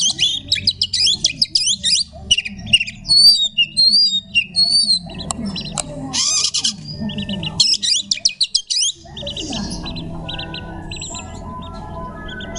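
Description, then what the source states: Oriental magpie-robin song, a rapid run of varied high whistles, chips and rattling trills in bursts, followed by quieter low background noise. Song style called tembakan ngekek.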